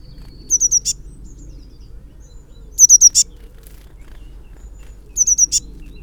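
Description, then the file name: Eurasian blue tit calls: three quick, very high, thin notes, then a short sharp burst, the phrase repeated three times over six seconds against a faint low rumble. "Cyanistes caeruleus"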